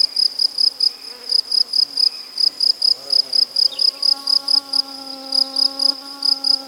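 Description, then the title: Crickets chirping in rapid, even bursts several times each second, joined midway by a steady, humming insect drone at a much lower pitch. Crickets with various other insects and birds at Buoux, Vaucluse, France, in May 2007. "Animus. Grillons, Divers Insectes Et Oiseaux - Buoux, Vaucluse - mai 2007"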